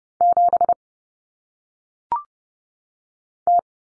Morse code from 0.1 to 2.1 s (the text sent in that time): 7